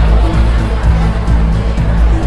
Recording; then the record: background sound without coughing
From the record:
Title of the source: Party Noise 1 Hour Party Ambience